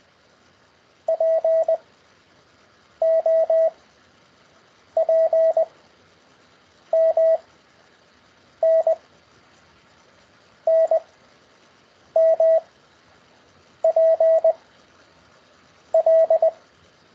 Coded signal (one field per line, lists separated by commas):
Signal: Morse code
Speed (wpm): 20 wpm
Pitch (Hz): 650 Hz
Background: radio noise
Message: P O P M N N M P L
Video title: CW Morse Code over Skype Lesson Six (Session One)